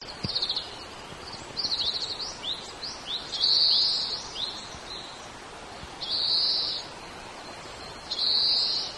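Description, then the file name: Oriental greenfinch giving high twittering notes and longer buzzy trills that come in bursts every couple of seconds, over a steady background hiss. "kawara"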